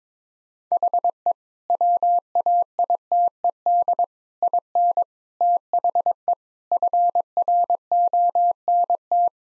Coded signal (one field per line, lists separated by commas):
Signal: Morse code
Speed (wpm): 22 wpm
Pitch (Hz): 700 Hz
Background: none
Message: HE WAITED IN THE FRONT